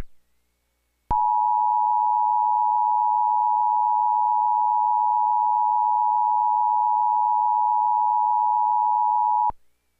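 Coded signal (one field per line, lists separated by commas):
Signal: Emergency Alert System (SAME) tones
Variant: 853 and 960 Hz attention tone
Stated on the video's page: Mock of the 2021 national periodic test, using real audio from an FM 99.3 low-power station.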